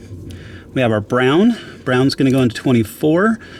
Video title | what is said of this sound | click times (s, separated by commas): Awron DGA Display System installation DIY for the BMW F3X series | green snap it into place there's a little click when it goes in we | 0.3 s